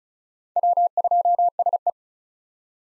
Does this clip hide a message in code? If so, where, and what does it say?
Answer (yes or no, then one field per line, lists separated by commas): yes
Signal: Morse code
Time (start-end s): 0.6-1.9 s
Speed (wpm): 36 wpm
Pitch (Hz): 700 Hz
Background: none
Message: W2SE